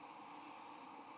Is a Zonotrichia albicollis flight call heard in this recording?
no